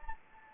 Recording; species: mosquito wingbeat signal from an infrared sensor; Anopheles gambiae